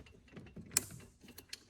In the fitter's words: Plug in there, and the little clips will snap right in.